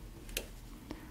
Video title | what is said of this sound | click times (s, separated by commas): GC Fuji Automix LC: Assembly Instructions with Dr. Pamela Maragliano | the syringe tip in place until you hear a click once | 0.4 s